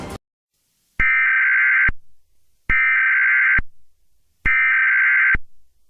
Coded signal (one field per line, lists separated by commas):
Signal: Emergency Alert System (SAME) tones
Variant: header bursts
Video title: Sleepless: A Mini EAS Scenario